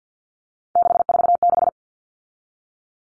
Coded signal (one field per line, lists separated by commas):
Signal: Morse code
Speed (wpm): 49 wpm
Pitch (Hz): 700 Hz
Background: none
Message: 646